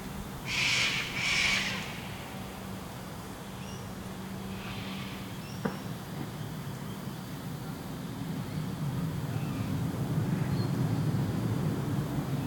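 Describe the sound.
Sulphur-crested cockatoo giving two harsh, rasping screeches close together near the start, followed by a long stretch of low rumbling background noise.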